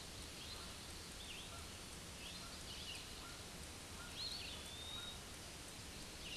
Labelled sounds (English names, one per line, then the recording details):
Eastern Wood-Pewee song
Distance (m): 125 m
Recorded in a Pennsylvania forest on 18 May 2023 at 06:46
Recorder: AudioMoth, point grid1_29_low
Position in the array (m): 126 m, 175 m